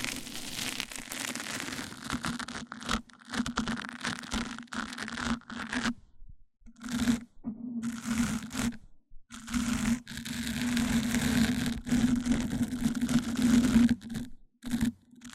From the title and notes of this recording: ASMR MIC ON MIC Triggers Richer Sounds, Intense Tingles! (No Talking).